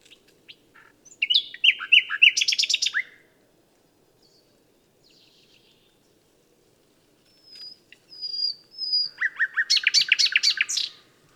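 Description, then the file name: Common nightingale singing two rich phrases of quick trills and buzzy notes, separated by a few seconds of near silence with faint scattered chirps. "Luscinia megarhynchos"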